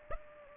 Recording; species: mosquito wingbeat signal from an infrared sensor; Aedes aegypti